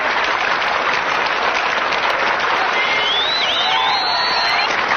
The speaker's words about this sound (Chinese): 当我该稳稳地落在垫子上，暴风一般的掌声把我吓了一跳，像是在我耳边响起了一连串的雷声。